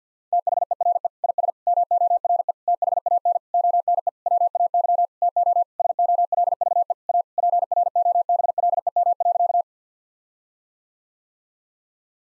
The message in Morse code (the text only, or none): THERE IS MORE THAN ONE WAY TO SOLVE A PROBLEM.